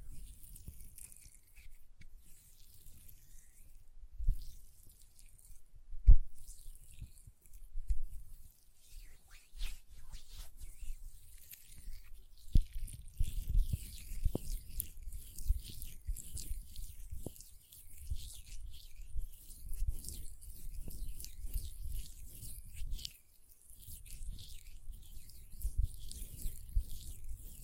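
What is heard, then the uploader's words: Soft hand sounds with lotion: quiet rubbing and squishing, with low rumbles and a thin hiss over it. Sharp little clicks stand out near 6 and 12 seconds. From about 13 seconds the rubbing gets busier and stays fairly steady, with a short pause near 23 seconds. Hand Sounds, Nail Tapping and Lotion Sounds (No Talking).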